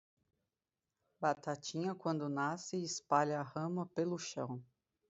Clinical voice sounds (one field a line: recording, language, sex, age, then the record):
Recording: short text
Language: Brazilian Portuguese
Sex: female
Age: 30 to 39 years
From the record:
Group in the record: control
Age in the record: 37 years